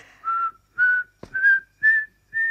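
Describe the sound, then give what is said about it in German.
A person whistles five short, clear notes in an even rhythm, each a little higher than the last, with a brief sharp knock between the second and third notes and no talking. “Pfeif nicht!”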